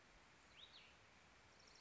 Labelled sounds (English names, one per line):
Cassin's Vireo